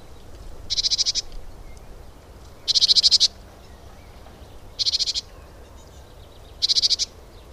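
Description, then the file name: Great tit giving harsh, buzzy rattling calls: four short pulsed bursts, each about half a second, spaced roughly two seconds apart over a quiet background hiss. "Parus major"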